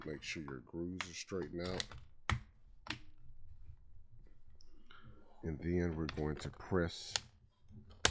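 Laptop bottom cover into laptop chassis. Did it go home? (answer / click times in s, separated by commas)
yes / 8.1 s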